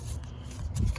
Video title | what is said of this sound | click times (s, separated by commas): How to Replace a Coolant Water Outlet Chevy Cruze | We clip this in next. You're gonna hear it snap in place. | 1.0 s